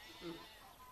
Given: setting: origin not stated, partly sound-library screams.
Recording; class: one-second piece from a danger detection set; normal situation